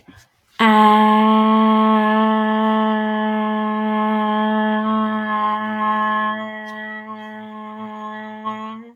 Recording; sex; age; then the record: vowel held as long as possible; female; 30 to 39 years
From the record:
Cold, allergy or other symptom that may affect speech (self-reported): no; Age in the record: 30 years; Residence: Florida, United States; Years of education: 12